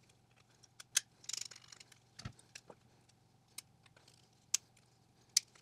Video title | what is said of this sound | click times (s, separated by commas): 3D Printed ABS Car Parts - Corolla Fuel and Trunk Release | everything clicked into place everything moves super smooth it's not hanging up at all | 4.5 s, 5.4 s